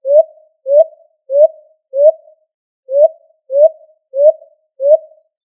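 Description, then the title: Pigeon or dove call: eight short, clean rising hoots, evenly spaced about every two-thirds of a second with one slightly longer gap, and no other sounds. "Columbidae Pomba"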